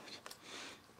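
A plastic retaining clip on a new rubber door weatherstrip seal is pushed into the door of an Evo 8 from one side, fitted first before the seal is pressed on. Two short sharp snaps at about 0.3 s and 0.3 s rise over a steady hiss as the clip seats in the door.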